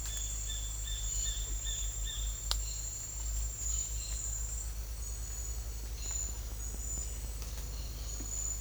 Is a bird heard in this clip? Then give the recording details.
yes. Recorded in secondary vegetation near Puerto Asís, Putumayo, Colombia, on 20 December 2024 at 07:30. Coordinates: 0.481, -76.318. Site G042